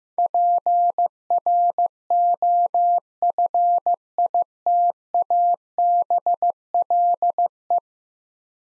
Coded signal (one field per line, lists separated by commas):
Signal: Morse code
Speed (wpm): 15 wpm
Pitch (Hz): 700 Hz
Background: none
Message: PROFITABLE